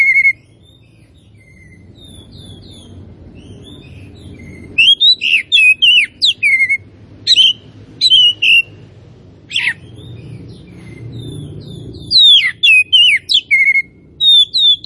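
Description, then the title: Oriental magpie-robin song: a quiet whistle, then lively series of sharp, varied whistles, slurred notes and squeaky chips in rapid bursts over a low background hum. Tretes type, singing vigorously (gacor). "Kacer Tretes Gacor"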